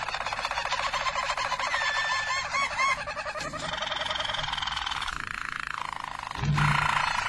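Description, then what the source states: Harz Roller canary song, dense rolling trills changing pitch in steps, with brief whistled notes and a sudden louder roll at the end. Belgian Harz Roller canary.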